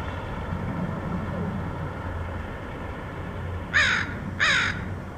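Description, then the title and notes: Crow giving two harsh caws near the end, over a low rumbling background like traffic. Portland, Oregon, USA, August 2003. "Crows recorded in Portland, OR, August 2003."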